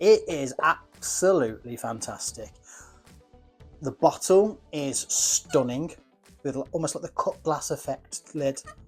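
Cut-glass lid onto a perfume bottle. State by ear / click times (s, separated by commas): not seated / none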